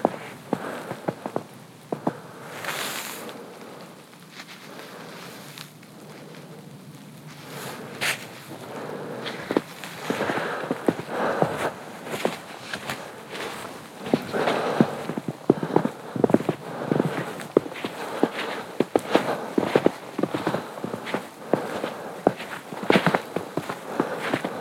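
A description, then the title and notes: Footsteps crunch through fresh snow on a hike, each step a crisp, bright scrunch. The steps start sparse and quieter, then from about eight seconds become steady and regular, growing louder and denser toward the end. A faint hiss sits underneath throughout. Morning Hike in a Winter Wonderland (Bowman Lake Trail). Listen to the crisp sounds of fresh snow on a morning hike around the frozen lake.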